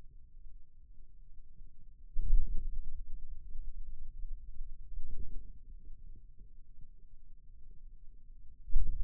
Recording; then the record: forearm muscle sounds (acoustic myography)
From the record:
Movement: wrist extension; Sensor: system 2, bracelet of six BSWA MPA416 microphones around the upper forearm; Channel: 1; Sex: male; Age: 22 years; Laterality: right